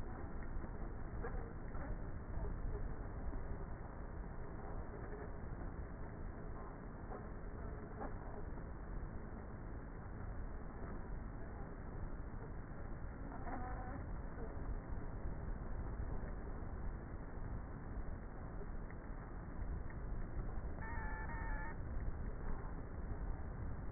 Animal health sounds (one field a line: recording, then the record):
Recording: honeybee colony, microphone inside the hive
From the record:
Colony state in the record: queenless with a low population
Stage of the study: before two queens were removed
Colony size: about 30,000 bees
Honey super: no